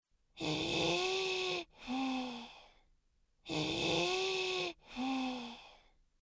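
Two full breath cycles from an adult at about 19 breaths a minute. Each breath in and out carries steady, musical whistling tones at several pitches. This is wheezing, a sign of narrowed airways.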